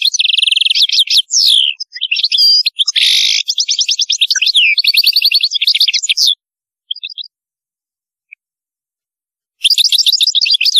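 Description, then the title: European goldfinch song, long fast run of high twittering, buzzy trills and tinkling notes, a quiet gap of a few seconds, then the twitter resumes. "Chant Chardonneret"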